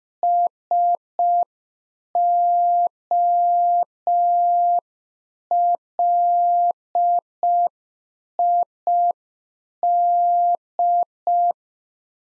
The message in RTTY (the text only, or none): none